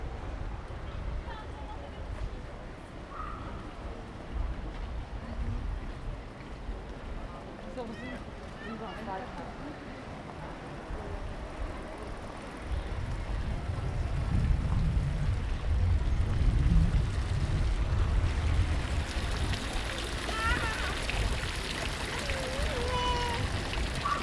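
Street sounds of Ulm: steady murmur of voices over low rumble that swells after midway, with brief bird chirps near the end.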